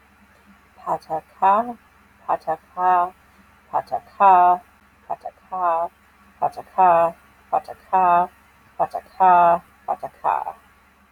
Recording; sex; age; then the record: repeated syllables /pa ta ka/; female; 30 to 39 years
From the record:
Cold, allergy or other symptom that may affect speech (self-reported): no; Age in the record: 39 years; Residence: United States